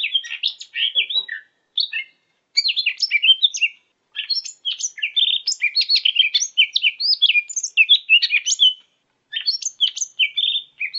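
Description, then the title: Leafbird song: rapid, varied twittering phrases of sharp chirps and slurred whistles, delivered in long bursts separated by brief pauses, otherwise quiet background. "CUCAK IJO"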